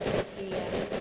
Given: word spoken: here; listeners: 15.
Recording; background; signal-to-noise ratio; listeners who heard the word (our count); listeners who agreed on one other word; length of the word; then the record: one English word in noise, from a listening test; noise modulated by three-talker babble; -6.6 dB; 2 of 15; 9 of 15; 0.60 s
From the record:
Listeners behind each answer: 9, 2, 1, 1, 1, 1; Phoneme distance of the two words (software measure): 10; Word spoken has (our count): 1 syllable, 2 phonemes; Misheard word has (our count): 1 syllable, 2 phonemes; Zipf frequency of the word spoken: 6.45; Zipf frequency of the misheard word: 4.84